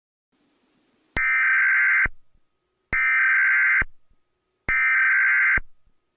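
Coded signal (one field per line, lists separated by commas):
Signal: Emergency Alert System (SAME) tones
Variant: header bursts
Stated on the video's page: Fictional alternate-history EAS scenario made with CapCut.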